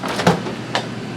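The refrigerator door in a 2019 Palomino Columbus 329DV RV is shut to check that its travel latch holds it closed. A dull thump near 0.3 s is followed by a sharp click at 0.8 s. The latch catches and locks the door into place.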